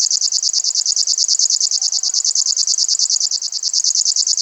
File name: sverchok rechnojj